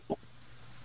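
A single, very brief cough burst from an adult man, low-pitched and slightly voiced, with a whistling quality likened to a deer's whistle, followed by quiet with a steady low background hum. It is one isolated cough with no wheeze or repeated bouts.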